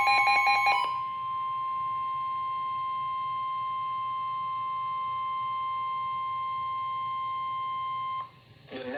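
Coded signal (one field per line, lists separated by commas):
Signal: Emergency Alert System (SAME) tones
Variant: 1050 Hz attention tone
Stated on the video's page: Flash Flood Warning tones issued by the National Weather Service for Harris County, southeastern Texas.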